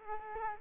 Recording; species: mosquito wingbeat signal from an infrared sensor; Aedes aegypti